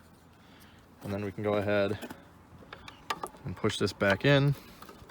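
Someone talks while handling a bulb socket about to be pushed back into the plastic tail light housing of a Dodge Caravan/Grand Caravan during a brake, turn, tail and reverse light replacement. Between the spoken phrases there are a few brief, faint handling ticks. Nothing has seated or clicked yet, and the socket is not yet home when the clip ends.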